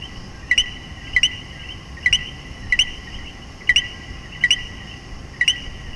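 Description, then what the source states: Coquí repeating its two-part whistled call, lower note then higher rising note, several times in quick but uneven succession over soft steady hum. Puerto Rico.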